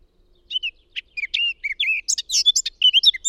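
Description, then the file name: Eurasian blackcap delivering a quick series of whistled and chirping notes that grow busier and higher toward the end of a brief phrase. "Sylvia atricapilla"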